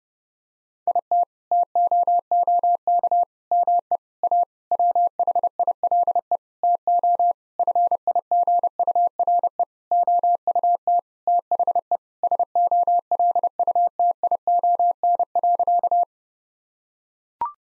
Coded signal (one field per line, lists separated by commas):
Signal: Morse code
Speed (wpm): 30 wpm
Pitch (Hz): 700 Hz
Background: none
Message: IT TOOK ME A WHILE TO FIGURE OUT THE SOLUTION.